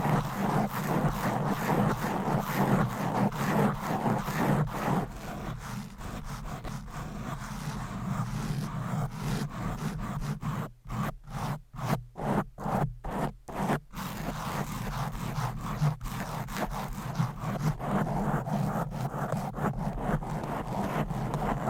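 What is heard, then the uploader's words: Fingernails scratch rapidly and roughly across a microphone cover, a dense, continuous rasping with a steady low rumble underneath. Around the middle, from about ten to fourteen seconds, the scraping breaks into distinct quick strokes with brief gaps before returning to constant scratching. ASMR Fast & Aggressive Mic Scratching with 20 DIFFERENT MICS Covers & Nails No Talking for Sleep.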